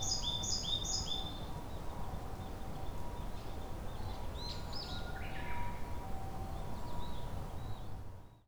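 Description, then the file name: Japanese tit uttering a short burst of repeated high two-part notes at the opening, followed by varied chirps and steady low noise. Recorded on 2 May 2015. "kotori shijukara 150502"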